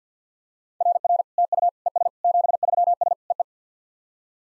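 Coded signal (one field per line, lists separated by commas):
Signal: Morse code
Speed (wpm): 50 wpm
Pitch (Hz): 700 Hz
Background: none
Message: RR TU ES 73S EE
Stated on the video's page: Morse practice at 50 wpm: simulated SOTA QSO exchanges, sent, spoken, then sent again.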